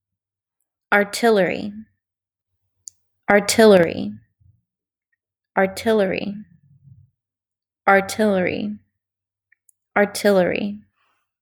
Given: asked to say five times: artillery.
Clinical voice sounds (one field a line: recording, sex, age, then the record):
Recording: repeated word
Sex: female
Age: 20 to 29 years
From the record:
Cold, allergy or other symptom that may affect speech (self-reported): no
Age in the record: 25 years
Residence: Texas, United States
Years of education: 16